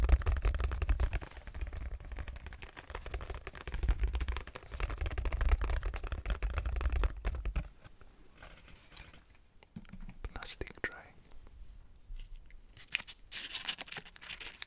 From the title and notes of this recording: Eating Mochi Rice Cakes For The First Time (EATING SOUNDS).